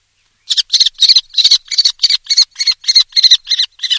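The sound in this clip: Common Kestrel giving a rapid series of harsh, shrill notes, about three or four a second, steady and repeated for several seconds.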